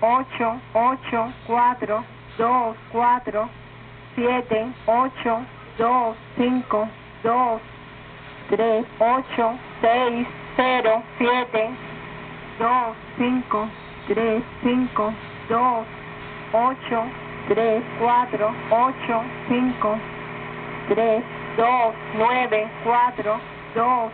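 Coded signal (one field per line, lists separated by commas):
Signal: numbers station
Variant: Spanish-language Cuban station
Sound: a woman's voice reading Spanish numbers in steady evenly spaced groups over radio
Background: radio static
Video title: Cuban Numbers Station at 2201 UTC 10/09/2014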